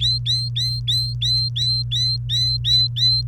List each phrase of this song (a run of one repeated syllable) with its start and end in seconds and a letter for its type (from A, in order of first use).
0.00-3.21 A